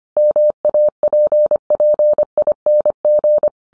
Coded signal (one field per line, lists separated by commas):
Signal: Morse code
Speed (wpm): 25 wpm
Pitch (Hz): 600 Hz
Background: none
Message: MAPPING